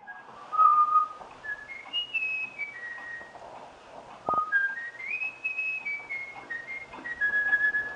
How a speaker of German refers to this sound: Hier pfeift, verblüffenderweise, kein Mensch, sondern ein Gimpel. Beigebracht hat ihm das der inzwischen verstorbene Forscher Jürgen Nicolai durch regelmäßiges Vorpfeifen.